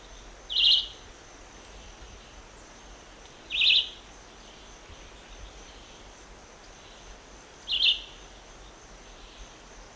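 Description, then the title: Red-eyed vireo singing brief, clipped whistled phrases, one every three to four seconds, against a quiet hissing background. "LuckyPassaro Completos2Sama. Red-eyed Vireo (Vireo olivaceus)"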